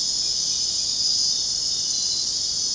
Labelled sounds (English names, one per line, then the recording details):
none
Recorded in dense forest near Puerto Asís, Putumayo, Colombia, on 22 June 2025 at 22:00
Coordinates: 0.499, -76.324
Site G100